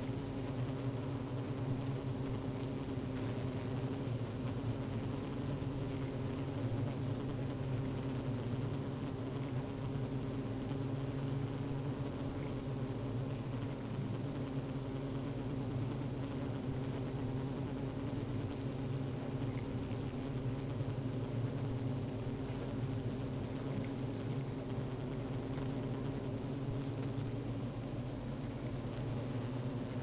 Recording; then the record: honeybee colony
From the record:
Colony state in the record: active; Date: 28 July 2017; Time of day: 15:45